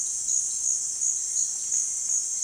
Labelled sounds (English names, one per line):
none